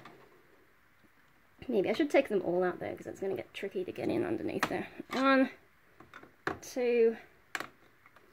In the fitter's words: oh. I've unclipped the other one again.